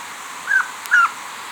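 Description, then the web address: Tawny antpitta giving two short whistled notes, the second dropping slightly in pitch, over faint hiss. Ecuador. "Birds of Ecuador 2. Tawny Antpitta"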